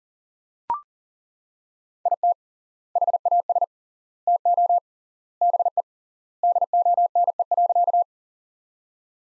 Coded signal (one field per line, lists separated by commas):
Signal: Morse code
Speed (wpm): 37 wpm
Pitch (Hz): 700 Hz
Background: none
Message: IT HAS TO BE DONE.